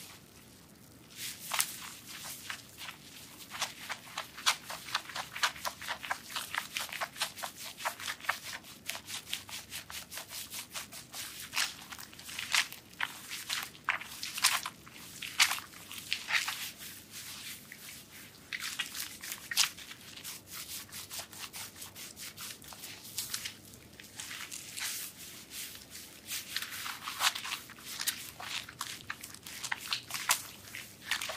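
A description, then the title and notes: A soap massage made of dense, fast rubbing and squishing sounds that crackle in quick bursts with no pause. The textured, bright strokes come many times per second, thickening into busier clusters around 15 and 27 seconds, over a faint low hum. ASMR soap massage with relaxing sounds.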